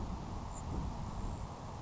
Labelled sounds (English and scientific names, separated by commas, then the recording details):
Grasshopper Sparrow (Ammodramus savannarum)
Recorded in Sonoma County, California